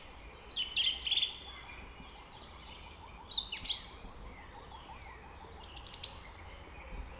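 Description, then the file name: Redwing song: three bursts of high twittering notes, separated by pauses, over soft background noise. "Drozdziczek"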